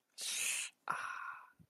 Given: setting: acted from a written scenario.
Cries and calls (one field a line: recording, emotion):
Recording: vocal sound without words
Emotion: pain